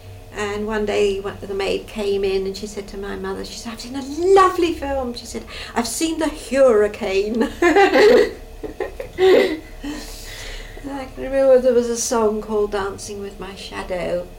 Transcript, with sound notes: And one day the maid came in and she said to my mother, she said, "I've seen a lovely film!" she said. "I've seen the Hughricane!" [laughs] I can remember there was a song called 'Dancing With My Shadow'.